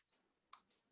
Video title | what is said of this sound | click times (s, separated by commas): Audio Portion HCC RTVF Virtual Camera Training 1 27 21 | the solo pin on the top plug it into the left side you should hear it click click | 0.5 s